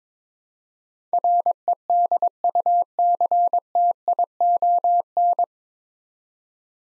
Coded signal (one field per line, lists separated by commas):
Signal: Morse code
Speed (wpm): 22 wpm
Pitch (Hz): 700 Hz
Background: none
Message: REDUCTION